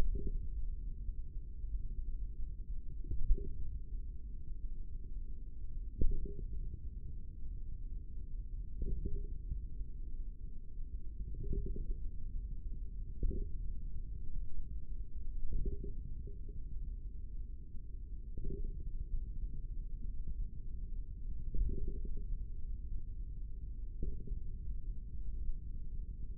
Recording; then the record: forearm muscle sounds (acoustic myography)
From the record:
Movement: finger pinch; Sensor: system 3, bracelet of six PUI Audio POM-2738L microphones around the upper forearm, with dedicated amplification and filtering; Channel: 5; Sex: male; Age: 25 years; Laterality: right